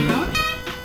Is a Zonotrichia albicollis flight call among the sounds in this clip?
no